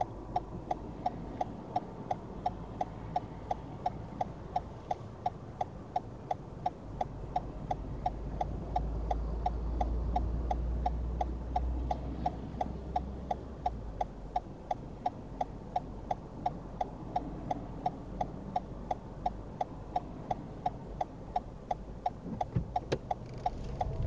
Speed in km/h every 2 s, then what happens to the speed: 0, 0, 0, 0, 0, 0, 0, 0, 0, 0, 0, 10.
0-20 standing. 20-24 pulls away to 10.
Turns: none.